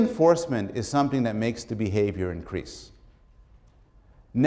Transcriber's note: none